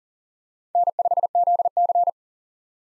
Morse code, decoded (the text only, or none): N5ZC